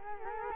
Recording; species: mosquito wingbeat signal from an infrared sensor; Culex quinquefasciatus